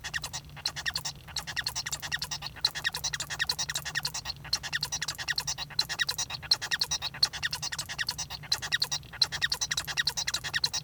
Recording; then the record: song of a male Bengalese finch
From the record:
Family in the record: son of father 1